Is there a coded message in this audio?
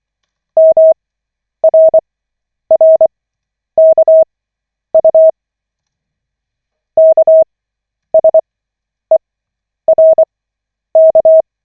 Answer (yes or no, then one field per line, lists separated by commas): yes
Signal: Morse code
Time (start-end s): 0.6-11.4 s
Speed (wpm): 24 wpm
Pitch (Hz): 640 Hz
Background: none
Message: MRRKU KSERK